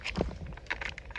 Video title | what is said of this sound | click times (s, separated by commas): Shooting a 22 with a suppressor | insert the magazine till it clicks | 0.7 s